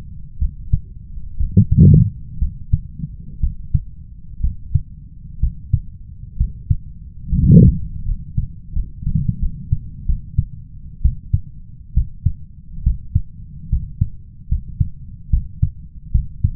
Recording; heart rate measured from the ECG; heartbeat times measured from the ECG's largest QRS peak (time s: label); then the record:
heart sounds by stethoscope; 69 bpm
0.39 s: heartbeat
1.37 s: heartbeat
2.39 s: heartbeat
3.40 s: heartbeat
4.41 s: heartbeat
5.40 s: heartbeat
6.37 s: heartbeat
7.29 s: heartbeat
8.05 s: heartbeat
8.73 s: heartbeat
9.39 s: heartbeat
10.06 s: heartbeat
11.02 s: heartbeat
11.94 s: heartbeat
12.83 s: heartbeat
13.69 s: heartbeat
14.48 s: heartbeat
15.30 s: heartbeat
16.12 s: heartbeat
From the record:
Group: healthy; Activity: rest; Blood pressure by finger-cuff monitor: 114/73 mmHg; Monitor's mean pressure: 84 mmHg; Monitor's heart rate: 65 bpm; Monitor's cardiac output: 5.4 L/min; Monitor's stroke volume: 82 mL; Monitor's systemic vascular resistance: 1150 dyn s/cm5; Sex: male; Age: 21 years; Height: 170 cm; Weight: 71 kg